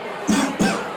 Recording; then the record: coughing mixed with background sound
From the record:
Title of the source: Spring Cold Coughing.